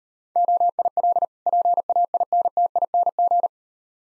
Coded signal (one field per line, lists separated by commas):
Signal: Morse code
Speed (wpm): 38 wpm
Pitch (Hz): 700 Hz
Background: none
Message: OIL PAINTING